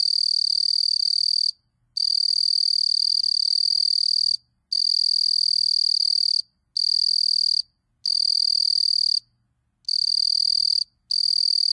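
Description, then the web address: Southeastern field cricket song: high steady trills in bursts of roughly one to two seconds separated by brief silences, with harmonics above. "The Songs of Insects. Southeastern Field Cricket"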